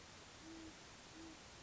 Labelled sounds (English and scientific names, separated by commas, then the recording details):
Great Horned Owl (Bubo virginianus)
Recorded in Sonoma County, California